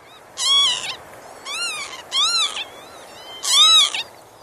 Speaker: Das gilt aber auch für den ebenfalls gefährdeten Kiebitz, der es gerne feucht hat.